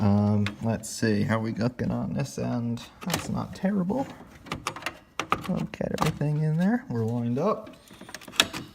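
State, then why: Seated. Someone talks while pushing an expansion card, apparently the graphics card that is now the only display outlet, into its PCIe slot on the motherboard, with a few brief knocks around 4.5 to 5.3 s. A sharp click at 8.4 s marks the card seating firmly in the slot.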